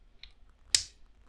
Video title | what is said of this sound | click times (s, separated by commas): Designing and Printing a Pillow Block Using Fusion 360 | ah love it just snap right into place and they are in there | 0.8 s